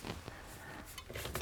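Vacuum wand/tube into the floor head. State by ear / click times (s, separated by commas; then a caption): not seated / none. A plastic vacuum wand/tube is handled against the raised floor head of a Shark HZ500UKT corded stick vacuum during tool-free assembly, giving soft plastic knocks and rubs at about 0.1, 1.0 and 1.4 seconds. Nothing has seated or clicked into the floor head yet.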